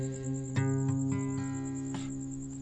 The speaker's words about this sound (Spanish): Grabación intimista, informal, incluyendo ahí los grillos de la noche